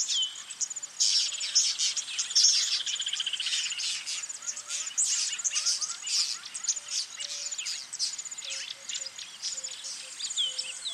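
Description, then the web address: Birds singing in a dense chorus of high chirps, trills and whistles, with a short low note repeating through the background. Birds singing in a bird park. "zvuk peniya ptits v parke ptits eschyo park ptits"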